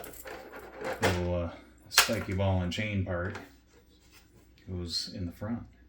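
A spiky plastic ball-and-chain mechanism piece is handled at the front of a Masters of the Universe Origins Eternia plastic playset while someone talks. Light rubbing and handling sounds are heard between bursts of speech. The part has not clicked or seated into the front mount yet.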